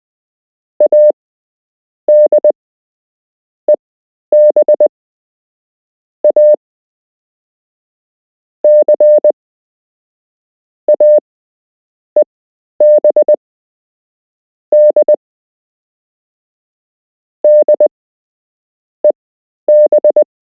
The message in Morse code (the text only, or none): ADEB A C AEB D DEB